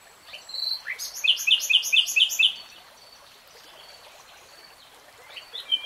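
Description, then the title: Nightingale song: a rising note, then about six loud, rich, repeated notes in a quick run, followed by quiet with faint birdsong. Three-hour real-time recording. "[Tiếng chim hót] 3 Hours REALTIME Nightingale Singing"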